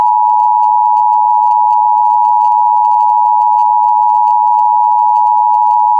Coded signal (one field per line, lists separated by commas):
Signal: Emergency Alert System (SAME) tones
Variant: 853 and 960 Hz attention tone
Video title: Cold War Nuclear Missile Attack EAS Message